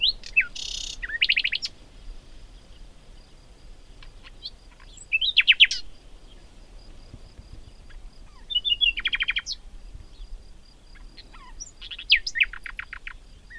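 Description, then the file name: Common nightingale song: short bursts of rapid repeated whistled notes and a rough buzzy phrase, separated by pauses of a few seconds, with scattered soft chips. "Luscinia megarhynchos"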